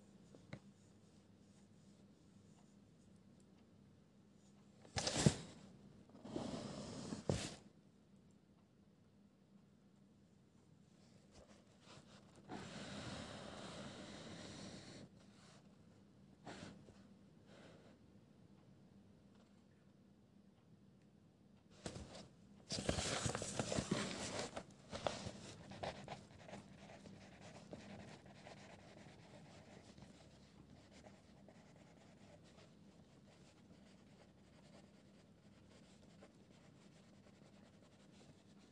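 Pencil scribbles and page flips over a quiet, steady low hum. Sharp crisp bursts land near 5 and 7 seconds, scratchy rubbing runs from about 12 to 16 seconds, and the loudest papery rustle comes around 22–25 seconds before softer scratching.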